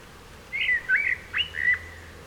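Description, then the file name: Common blackbird sings one short phrase of mellow, slurred whistles, rising and falling in quick succession. "Turdus merula"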